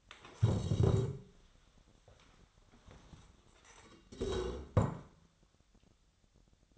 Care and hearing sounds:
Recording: daily activity, microphone in the room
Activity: stand up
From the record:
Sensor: 3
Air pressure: 1015.2 hPa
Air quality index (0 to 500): 166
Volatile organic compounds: 12 ppm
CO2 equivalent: 2370 ppm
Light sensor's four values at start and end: 13/31/13/13 and 15/39/16/17

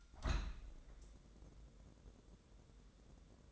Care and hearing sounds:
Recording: daily activity, microphone in the room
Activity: open window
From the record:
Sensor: 3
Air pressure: 1012.4 hPa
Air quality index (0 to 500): 119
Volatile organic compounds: 1 ppm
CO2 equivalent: 930 ppm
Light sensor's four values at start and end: 176/423/172/159 and 177/425/174/161

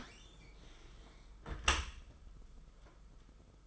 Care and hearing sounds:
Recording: daily activity, microphone in the room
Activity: close dishwasher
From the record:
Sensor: 5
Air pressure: 991.5 hPa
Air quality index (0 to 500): 112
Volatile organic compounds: 30 ppm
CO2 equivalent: 2950 ppm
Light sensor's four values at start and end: 39/123/47/50 and 38/122/46/50

